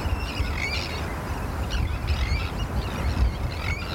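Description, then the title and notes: Terns giving rasping cries repeated in quick succession, against a heavy low rumble and steady rain noise. Calls of terns recorded from a wooden bird hide at a nature reserve in Cumbria in autumn rain. "listen to the exotic cries of terns at RSPB Hodbarrow nature reserve in Cumbria"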